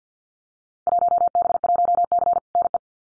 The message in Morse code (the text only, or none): 1B1C NE